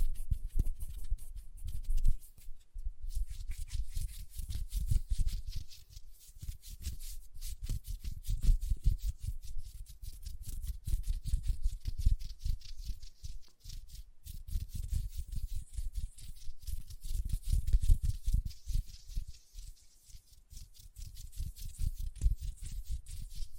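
Lotion being worked between the hands: soft, dense rubbing and squishing that carries on without a break. Dull low thumps and smacks crowd together throughout, with a faint airy hiss above. A brief quieter gap comes around three seconds and another near fourteen.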